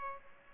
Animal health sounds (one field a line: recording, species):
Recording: mosquito wingbeat signal from an infrared sensor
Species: Aedes aegypti